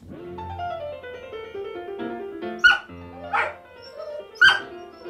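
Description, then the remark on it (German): A dog named Finot lets out three short, high yowling howls over a record of Mozart's Concerto for three pianos, the cries rising sharply above the steady, ringing piano notes in the second half. “Ich habe Finot noch nie so jaulen hören.”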